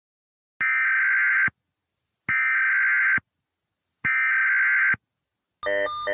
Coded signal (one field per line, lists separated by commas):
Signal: Emergency Alert System (SAME) tones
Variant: header bursts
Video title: EAS Scenario: Smoking Mountain (Part I)